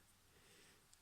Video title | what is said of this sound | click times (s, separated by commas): New Age Toys Legendary Heroes 01G Director Gremlin(G1 Goldbug) | put that back in the ball joint well that's it snaps back in so | 0.9 s